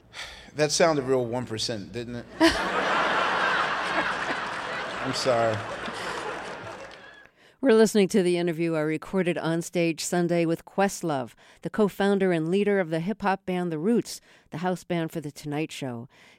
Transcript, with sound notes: That sounded real 1 percent, didn't it?
(LAUGHTER)
I'm sorry.
We're listening to the interview I recorded on stage Sunday with Questlove, the co-founder and leader of the hip-hop band The Roots, the house band for "The Tonight Show."